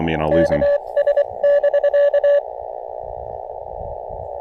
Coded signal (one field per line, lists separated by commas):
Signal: Morse code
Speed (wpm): 23 wpm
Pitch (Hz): 570 Hz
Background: speech, radio noise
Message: KS <BK>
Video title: POTA Under the Oaks: A little wet weather can't dampen this South Mountains activation!